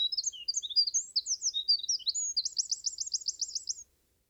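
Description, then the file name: Eurasian wren singing a fast jumble of high, piercing notes that ends in a long, even rattling trill, then stops abruptly. "Troglodytes troglodytes"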